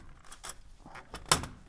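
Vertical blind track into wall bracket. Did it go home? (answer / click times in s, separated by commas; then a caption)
yes / 1.3 s. Another bracket point of a vertical blind headrail track is pushed into its wall bracket, with a few faint ticks and rustles from about 0.3 to 0.5 seconds. The track snaps in with a loud, sharp click at 1.3 seconds, followed by a small rattle. It is seated, and the vertical track is now installed.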